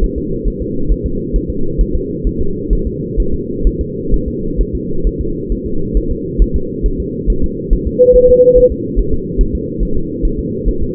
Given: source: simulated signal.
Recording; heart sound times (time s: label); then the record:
fetal heart sounds
0.04 s: S1
0.18 s: S2
0.48 s: S1
0.62 s: S2
0.92 s: S1
1.06 s: S2
1.36 s: S1
1.50 s: S2
1.81 s: S1
1.95 s: S2
2.27 s: S1
2.41 s: S2
2.73 s: S1
2.87 s: S2
3.20 s: S1
3.34 s: S2
3.67 s: S1
3.81 s: S2
4.14 s: S1
4.28 s: S2
4.61 s: S1
4.75 s: S2
5.07 s: S1
5.21 s: S2
5.52 s: S1
5.66 s: S2
5.97 s: S1
6.11 s: S2
6.42 s: S1
6.56 s: S2
6.86 s: S1
7.00 s: S2
7.30 s: S1
7.44 s: S2
7.73 s: S1
7.87 s: S2
8.16 s: S1
8.30 s: S2
8.58 s: S1
8.72 s: S2
8.99 s: S1
9.14 s: S2
9.41 s: S1
9.55 s: S2
9.83 s: S1
9.97 s: S2
10.25 s: S1
10.39 s: S2
10.69 s: S1
10.83 s: S2
From the record:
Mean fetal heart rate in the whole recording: 135 bpm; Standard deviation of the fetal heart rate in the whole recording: 3 bpm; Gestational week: 36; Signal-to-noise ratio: -8.1 dB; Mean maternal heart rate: 72 bpm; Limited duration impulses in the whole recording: present